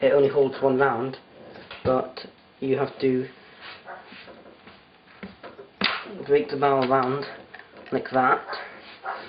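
Someone talks while handling an SMK19 .177 break-barrel air rifle, swinging the barrel down to cock the spring piston onto its sear, with a couple of brief handling knocks near 5.2 and 5.8 seconds. The clip ends before the barrel goes home, so nothing has clicked or seated yet.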